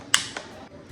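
Pressing the release button on a video spotlight frees its clip-on rechargeable battery pack, which is held by two pins in two holes. A sharp click is heard at 0.1 s as the pack lets go, followed by a softer tap at 0.4 s, and the battery is released and can be removed. No one talks during the clip.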